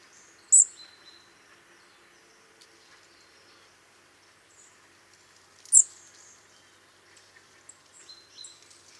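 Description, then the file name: European robin calling, two isolated high, thin notes about five seconds apart, with scattered faint chirps and a quiet background hum. "Erithacus rubecula"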